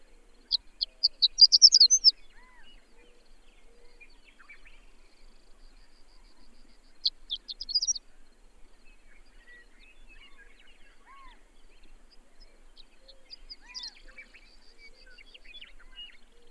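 Bird song in a few short bursts of fast, high chattering notes, separated by long pauses, with softer notes in between.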